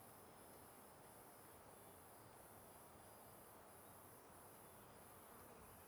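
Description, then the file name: Cricket: a dense, steady insect chorus, a high buzzing band pulsing regularly throughout, over a continuous low rushing background. Crickets at the start of the Simão Correa trail, alongside a river. "Ambiencia Inicio Trilha Simao Correa Beirando o Rio com Grilos e Cigarras"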